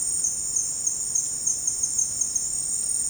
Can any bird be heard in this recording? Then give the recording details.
no. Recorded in secondary vegetation near Puerto Asís, Putumayo, Colombia, on 19 March 2025 at 15:30. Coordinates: 0.502, -76.326. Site G100